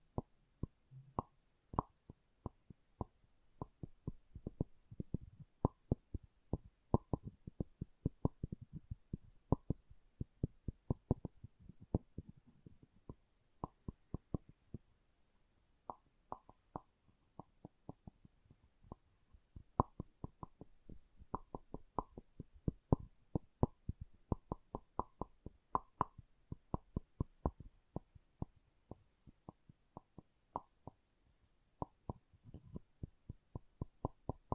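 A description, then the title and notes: Wooden tapping and knocking in quick, uneven bursts, with sharp dry clicks landing several times a second and a deeper hollow thump under many of them. The pace loosens around the middle before returning to dense clusters toward the end. ASMR Calming Wood Triggers for Sleep (No Talking).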